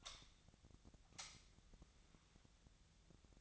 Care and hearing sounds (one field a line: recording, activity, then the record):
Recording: daily activity, microphone in the room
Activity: light on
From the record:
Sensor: 3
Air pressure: 1009.8 hPa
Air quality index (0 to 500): 189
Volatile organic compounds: 14 ppm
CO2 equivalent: 2464 ppm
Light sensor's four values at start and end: 39/97/42/45 and 46/119/50/52